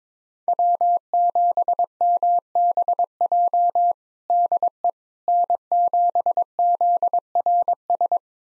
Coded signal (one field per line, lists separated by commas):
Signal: Morse code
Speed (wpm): 22 wpm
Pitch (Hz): 700 Hz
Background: none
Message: W7MBJ DE N7ZRS